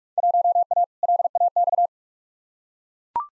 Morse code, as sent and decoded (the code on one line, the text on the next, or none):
.---- .- / .-.. .- -..-
1A LAX